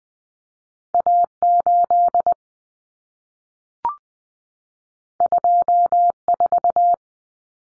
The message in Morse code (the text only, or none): A8 24